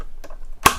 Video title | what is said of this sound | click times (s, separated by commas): Smart Shock-Absorbing Treadmill Unboxing & Review OT178 - OneTwoFit | and then it clicks back in so | 0.7 s